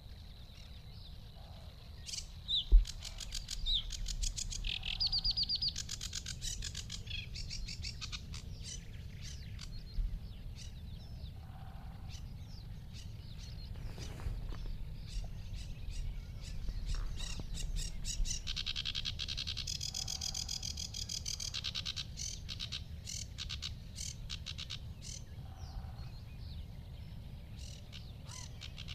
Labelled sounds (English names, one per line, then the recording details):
Sedge Warbler song
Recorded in the wild
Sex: male
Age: adult
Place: Teerofenbrücke, Nationalpark Unteres Odertal, Brandenburg, DE
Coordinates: 53.1322, 14.3536
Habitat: wetland
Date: 2013-05-04
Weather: sunny, windless, 5°C
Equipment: Sound Devices 702, Sennheiser MKH 70, Rycote Windschutz
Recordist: Frommolt, Karl-Heinz